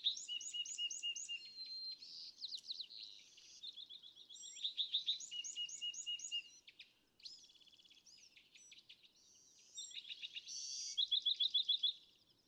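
California thrasher singing continuously, a jumble of high whistles, chirps and quick repeated notes with several rapid trills, little pause between phrases.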